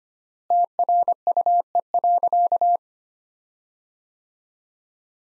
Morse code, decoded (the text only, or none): TRUE.